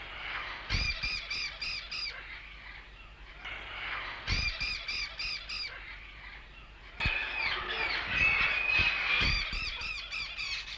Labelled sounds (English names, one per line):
Caatinga Parakeet call